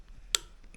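A click-type torque wrench set to 55 is pulled two-handed on a cylinder head bolt of a 1980 Triumph TR7 engine being put back together. The wrench gives one sharp, bright metallic click at 0.4 s, followed by a much fainter tick at 0.7 s. The click shows the bolt has reached the set torque.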